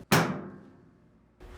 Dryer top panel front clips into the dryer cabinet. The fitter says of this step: secure the top panel to the cabinet by applying firm and steady pressure on the front of the top panel until both clips lips pop into place